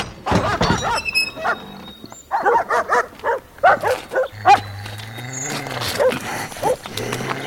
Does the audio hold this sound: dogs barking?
yes